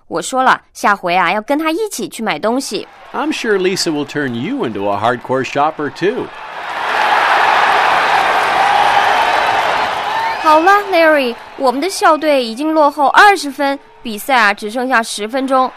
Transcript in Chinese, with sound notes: 我说了下回跟她一起去买东西。
I'm sure Lisa will turn you into a hardcore shopper too.
(Crowd cheering) 好啦！Larry, 我们的校队已经落后20分，比赛只剩下10分钟。